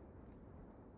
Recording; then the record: background sound without coughing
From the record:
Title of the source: Train Ride Ambience ambient white noise for sleeping, focus, studying, reading